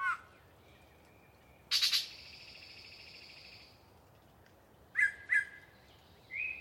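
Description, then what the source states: Yellow-breasted chat singing: a short whistle, a harsh chattering burst drawn into a long buzzy note, then two sharp notes and a brief high whistle. Pre-dawn, a particularly chatty bird giving a long soliloquy from deciduous cover.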